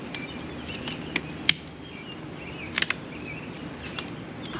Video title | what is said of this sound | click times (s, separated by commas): E90 335d Intercooler & Charge Pipe Seal Replacement | I just heard it click. | 1.5 s